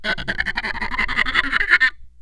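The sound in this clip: Ape giving a harsh, rapid series of screechy, grunting pulses that stays loud for about two seconds, then stops abruptly.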